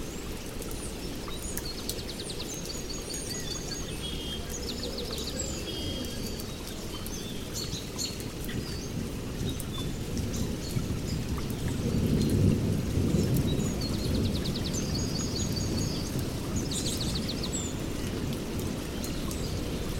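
Steady rain patters densely, a constant low rushing wash that swells slightly around the twelve-second mark. High above it, birds sing in short repeated trills and chirps, several bursts near the start and again around fourteen to seventeen seconds.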